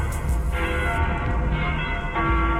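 A church bell rings in a dense, sustained wash of overlapping metallic tones, loud and steady throughout with no pause, shimmering harmonics layered over a low hum.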